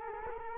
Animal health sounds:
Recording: mosquito wingbeat signal from an infrared sensor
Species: Culex quinquefasciatus

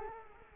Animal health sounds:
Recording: mosquito wingbeat signal from an infrared sensor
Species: Culex quinquefasciatus

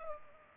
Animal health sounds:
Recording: mosquito wingbeat signal from an infrared sensor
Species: Culex pipiens

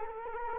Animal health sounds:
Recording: mosquito wingbeat signal from an infrared sensor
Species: Culex quinquefasciatus

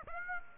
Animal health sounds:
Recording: mosquito wingbeat signal from an infrared sensor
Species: Aedes aegypti

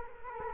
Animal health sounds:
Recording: mosquito wingbeat signal from an infrared sensor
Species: Culex quinquefasciatus

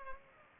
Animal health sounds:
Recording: mosquito wingbeat signal from an infrared sensor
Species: Culex pipiens

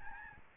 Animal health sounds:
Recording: mosquito wingbeat signal from an infrared sensor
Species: Aedes albopictus

